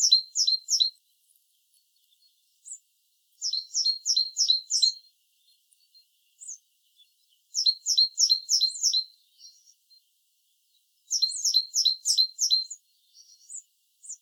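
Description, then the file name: Great tit singing short rapid bursts of high, sharp notes, about five or six per burst, repeating about every four seconds, with brief softer notes between. "Parus major"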